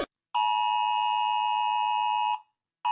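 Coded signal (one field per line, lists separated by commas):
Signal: Emergency Alert System (SAME) tones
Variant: 853 and 960 Hz attention tone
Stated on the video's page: Fictional EAS alarm.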